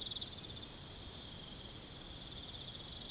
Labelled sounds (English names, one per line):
none